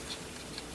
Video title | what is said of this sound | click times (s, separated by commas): Staaker Reassembly | depends properly and it snapped in place I'm gonna say | 0.6 s